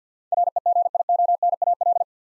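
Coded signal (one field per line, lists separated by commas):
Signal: Morse code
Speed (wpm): 50 wpm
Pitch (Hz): 700 Hz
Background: none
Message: REGIONAL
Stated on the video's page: Computer-generated head-copy drill of eight-letter words at 50 wpm, each sent in Morse, spoken, then sent again.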